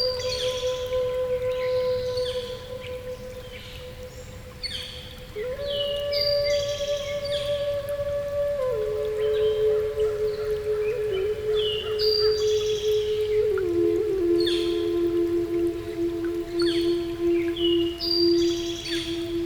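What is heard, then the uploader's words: A native flute plays long, sustained low notes that step slowly downward, each held for several seconds. Around it, many birds chirp and trill in quick bright bursts throughout, over a steady soft rush of forest background. North American Indian Flute and Forest Sounds - Relaxing Native Flute & Birds Singing.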